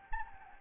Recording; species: mosquito wingbeat signal from an infrared sensor; Anopheles gambiae